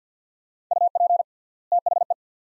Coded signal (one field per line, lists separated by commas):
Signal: Morse code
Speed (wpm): 50 wpm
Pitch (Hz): 700 Hz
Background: none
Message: UP THE